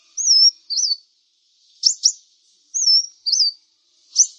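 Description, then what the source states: Brown-throated Sunbird calling: two thin, wavering whistles followed by a pair of sharp ticks, with the sequence repeated. Vigorously singing bird (described as 'gacor'), called 'kolibri kelapa'.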